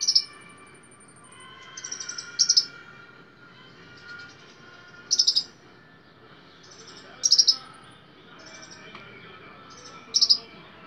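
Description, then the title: Small bird giving brief, bright, high chirp clusters every two to three seconds over a thin steady high hum. "Burung Kecil"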